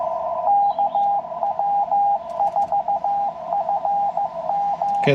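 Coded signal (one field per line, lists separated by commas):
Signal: Morse code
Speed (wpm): 16 wpm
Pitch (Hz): 800 Hz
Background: radio noise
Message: KW4FM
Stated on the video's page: CW Parks on the Air activation sent with paddles on a Yaesu FT-891 at 25 watts into a 17-ft whip on a mag-mount.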